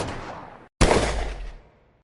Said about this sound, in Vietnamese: Ai ngờ, khi hai người vừa mới bước ra khỏi lều vải, thì đột nhiên nghe được tiếng súng chát chúa phát ra từ khe núi.